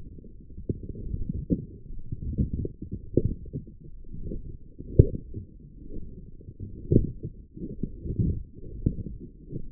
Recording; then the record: forearm muscle sounds (acoustic myography)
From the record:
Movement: forearm pronation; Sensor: system 1, eight BSWA MPA416 microphones around the upper forearm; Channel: 7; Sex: female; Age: 22 years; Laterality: right